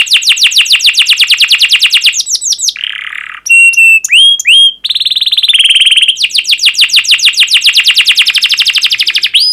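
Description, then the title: Canary song of fast repeated trilled notes, interrupted by a harsh buzzy note and sharp whistled sweeps, then resuming the rapid trill. Energetic, fast, dense canary song with chirping and rolling phrases, played to lure and teach young canaries to sing. "Kenari Gacor Speed RAPAT Cuit Cuit Ngero L Suara Bagus Untuk Pancingan Kenari Paud Belajar Bunyi"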